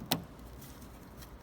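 A plastic wiring harness plug is slid back onto the terminals of a low beam headlight bulb base on a 2016–2018 Honda Civic and pushed until it clicks. A single sharp click sounds at 0.1 s over a quiet background. The click confirms the connector is seated properly on the bulb.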